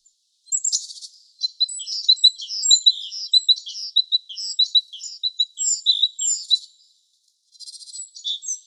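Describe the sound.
Sparrow chirps, high twittering notes repeated in quick irregular bursts, with a few short rasping bursts and a brief gap near the end.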